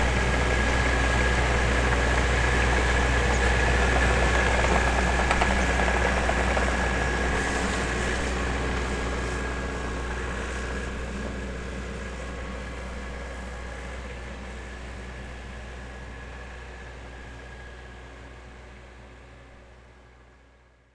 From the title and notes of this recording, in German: Die Aufnahmen zu dieser Sendung entstanden in Wien Ottakring, im oberösterreichischen Hausruckviertel, in Ober- und Mittelkärnten sowie an der slowenischen Küste.